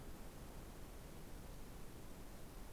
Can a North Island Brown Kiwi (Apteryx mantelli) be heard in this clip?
no